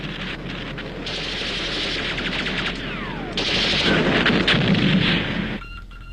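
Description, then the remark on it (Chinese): Dense battle sounds as enemy troops, under aircraft cover, attack positions at Tashan: rapid bursts of gunfire crackle over a heavy, rumbling barrage of artillery, growing louder midway, with a descending whistle cutting through before the noise abruptly drops away. “敌军在飞机的掩护之下向我塔山阵地发起进攻”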